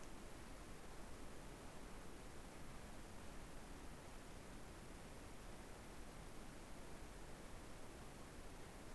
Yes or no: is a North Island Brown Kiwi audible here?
no